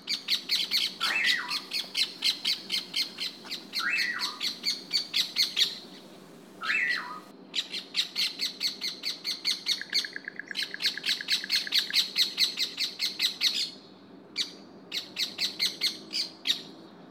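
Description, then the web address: Bird chirping in fast, sharp repeated notes, several per second, broken by a few slurred descending whistles and brief pauses. "os passaros"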